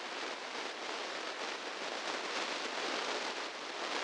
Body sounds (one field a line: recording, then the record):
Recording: brain microelectrode recording played as sound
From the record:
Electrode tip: inside the subthalamic nucleus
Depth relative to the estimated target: 0 mm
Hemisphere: left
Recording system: NeuroSet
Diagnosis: Parkinson's disease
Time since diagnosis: 15 years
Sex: female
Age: 59 years